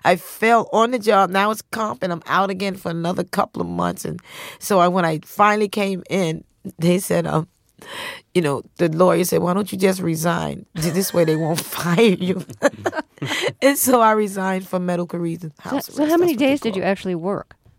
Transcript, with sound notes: I fell on the job, and I was confident I'm out again for another couple of months, and so when I finally came in, they said, you know, the lawyer said, why don't you just resign? This way, they won't fire you. (Soundbite of laughter) And so I resigned for medical reasons.
How many days did you actually work?